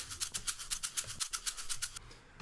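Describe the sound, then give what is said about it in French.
A toothbrush scrubs in quick, steady back-and-forth strokes, a bright bristly rasp repeating about eight times a second, then stops abruptly near the end. No one speaks. “Vas-y, file la brosse à dents.”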